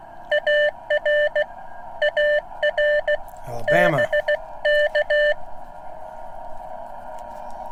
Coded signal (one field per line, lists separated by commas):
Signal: Morse code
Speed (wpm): 16 wpm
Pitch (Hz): 600 Hz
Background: speech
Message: AR AR BK